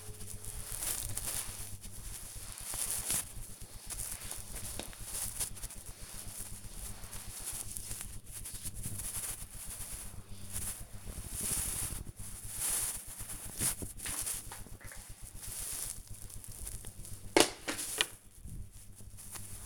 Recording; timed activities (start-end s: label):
household activities, microphone on the right wrist
0.00-19.66 s: floor cleaning